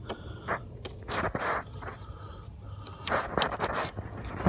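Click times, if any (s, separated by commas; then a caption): none. A new coolant temperature sensor with an O-ring is handled at the radiator outlet housing hole of a BMW E60, being pushed in so it can lock into place. Short scraping and rubbing handling noises come in bursts around 0.1, 1.1–1.6, and 3.1–3.8 seconds, with a brief sharp tick at the very end. Nothing has seated or clicked yet.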